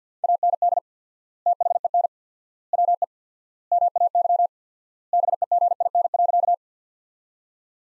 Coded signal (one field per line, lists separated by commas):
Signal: Morse code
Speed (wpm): 50 wpm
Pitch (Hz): 700 Hz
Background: none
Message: AND THEN WE MAY BEGIN.